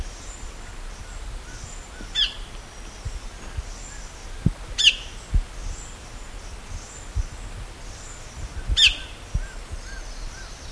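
Bird calls: three thin, high, falling chirps spread several seconds apart, with faint background twitters and occasional low thuds.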